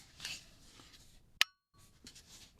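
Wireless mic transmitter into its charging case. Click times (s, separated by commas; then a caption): 1.4 s. A DJI Mic 2 wireless microphone transmitter (possibly the case lid) is pressed into its plastic charging case, with faint handling rustle before and after. It snaps into place with a single sharp, bright click at 1.4 s, followed by a brief high ringing tail and a moment of silence. The part is seated with a satisfying click.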